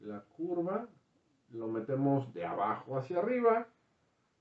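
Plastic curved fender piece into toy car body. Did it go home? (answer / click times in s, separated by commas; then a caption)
no / none. Someone talks while handling a curved plastic fender piece for a 2021 Playmobil Volkswagen Beetle 70177 toy car, pushing it from below upward into its recess on the plastic car body. Only speech is heard, with no distinct mechanical sounds. The piece has not seated or clicked yet.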